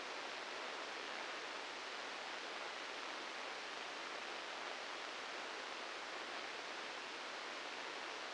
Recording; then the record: brain microelectrode recording played as sound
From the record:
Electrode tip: inside the subthalamic nucleus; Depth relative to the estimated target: -3 mm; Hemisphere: left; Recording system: NeuroSet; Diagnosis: Parkinson's disease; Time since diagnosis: 19 years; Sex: female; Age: 69 years